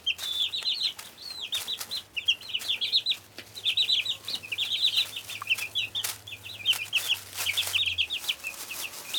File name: freesound chicks in hen house low ceiling barn room